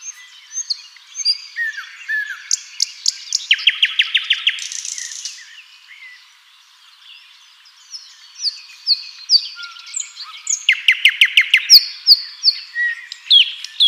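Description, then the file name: Common nightingale song with rapid repeated notes, a buzzy burst, a short lull, then further rapid trills and whistled phrases. "Luscinia megarhynchos"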